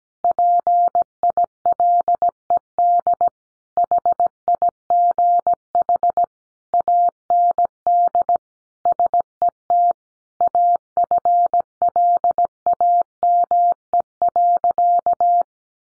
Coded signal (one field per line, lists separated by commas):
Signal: Morse code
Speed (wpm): 17 wpm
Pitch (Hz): 700 Hz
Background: none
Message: PILED HIGH AND SET AFLAME.